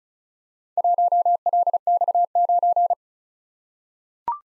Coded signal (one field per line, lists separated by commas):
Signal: Morse code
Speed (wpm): 36 wpm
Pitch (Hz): 700 Hz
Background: none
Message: 1LX9